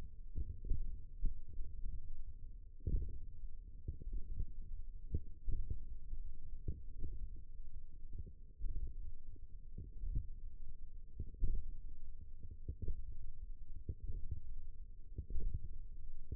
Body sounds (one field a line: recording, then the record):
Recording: forearm muscle sounds (acoustic myography)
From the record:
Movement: hand opening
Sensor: system 1, eight BSWA MPA416 microphones around the upper forearm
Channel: 3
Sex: female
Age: 20 years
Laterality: right